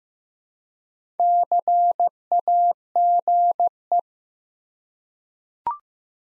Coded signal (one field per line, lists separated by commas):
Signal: Morse code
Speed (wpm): 15 wpm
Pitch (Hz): 700 Hz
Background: none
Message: CAGE